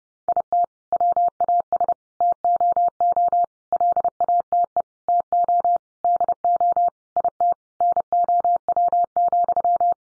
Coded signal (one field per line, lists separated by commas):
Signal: Morse code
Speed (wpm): 30 wpm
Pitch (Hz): 700 Hz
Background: none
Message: IT WAS TOO LATE TO DO IT NOW,